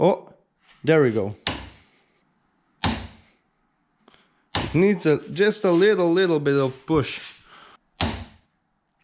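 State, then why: Torque reached. A click-type torque wrench under a calibration weight is given a little push on a repeat test while someone talks. It clicks at its set torque at 8.0 s, confirming the setting.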